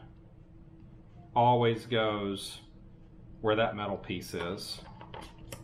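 Someone talks while a rechargeable battery pack is lined up, metal clip to metal piece, and pushed toward the battery bay of a plastic Ring security stick camera. A few light handling taps are heard near the end, at about 5.0, 5.1 and 5.5 seconds. The battery has not seated or clicked into place yet.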